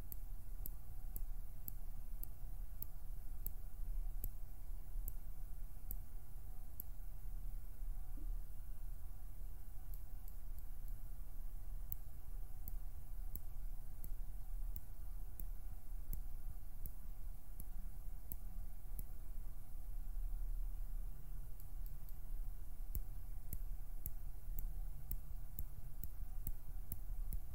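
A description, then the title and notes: Quiet plucking and pinching sounds with light finger fluttering, made up of soft ticks and taps that recur every second or so across the whole stretch. A steady low rumble and a faint constant hum sit underneath, with no speech. PLUCKING, PINCHING, FINGER FLUTTERING, PERSONAL ATTENTION - NO TALKING.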